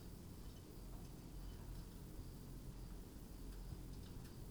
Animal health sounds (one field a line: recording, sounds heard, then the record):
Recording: poultry house recording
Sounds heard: no chicken sound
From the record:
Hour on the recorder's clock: 21